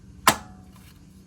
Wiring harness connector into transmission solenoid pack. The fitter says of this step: You hear it click down, should be nice and flat.